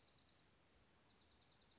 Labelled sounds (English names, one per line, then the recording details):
Dark-eyed Junco
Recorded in Sonoma County, California